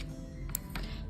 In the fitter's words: ఇది మళ్ళీ లాక్ అవుతుంది